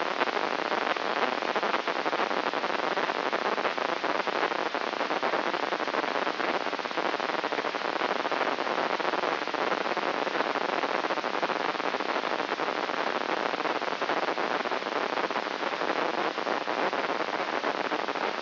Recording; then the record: brain microelectrode recording played as sound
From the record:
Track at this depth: inside the subthalamic nucleus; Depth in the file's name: 5.629 mm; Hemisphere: left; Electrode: 3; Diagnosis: Parkinson's disease